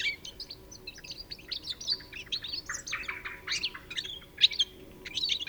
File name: Carduelis carduelis 151205